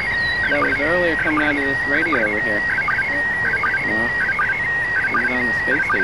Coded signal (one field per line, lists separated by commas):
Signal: SSTV (slow-scan television)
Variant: PD 180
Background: speech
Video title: Failed ISS Slow Scan TV!